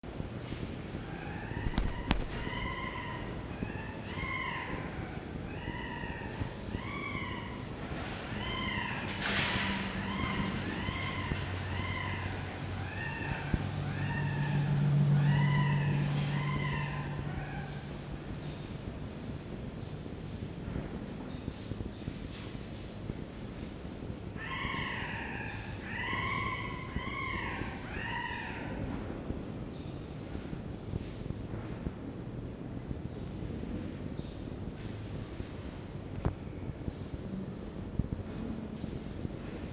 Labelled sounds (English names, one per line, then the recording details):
Red Fox
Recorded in captivity
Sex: male
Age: juvenile
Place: Zoologisches Institut der HUB, Berlin, DE
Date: 1952-05-29 10:50
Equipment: Elmetra
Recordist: Tembrock, Günter
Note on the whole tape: Welpe Toni: Quärren (beim Wiegen)